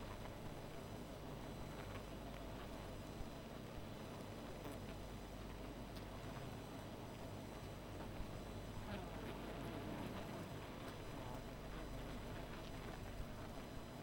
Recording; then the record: honeybee colony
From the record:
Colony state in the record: missing queen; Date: 14 July 2017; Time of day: 1:07